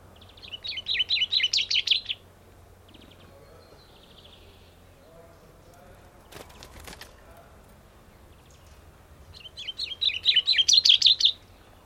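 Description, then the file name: Common chaffinch song: two bright, rapid trilled phrases, the first near the start and the second about nine seconds later. "Fringilla coelebs"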